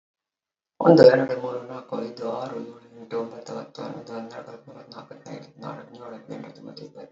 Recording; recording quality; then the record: counting at a fast pace; excellent, no background noise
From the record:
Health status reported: healthy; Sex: female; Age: 63 years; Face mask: not worn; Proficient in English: yes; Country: India